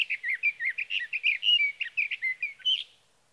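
Sage thrasher song: brisk, continuous warbling with rapidly changing notes, some rising slurs, fading out near the end.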